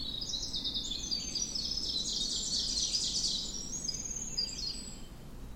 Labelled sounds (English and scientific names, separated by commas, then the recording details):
Ovenbird (Seiurus aurocapilla) song
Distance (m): 45 m
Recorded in boreal forest in Alberta, Canada, on 16 June 2016 at 06:28
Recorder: SongMeter 3, array SBT-3-32
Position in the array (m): 183 m, 45 m
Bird 36